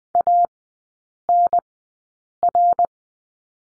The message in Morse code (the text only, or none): ANR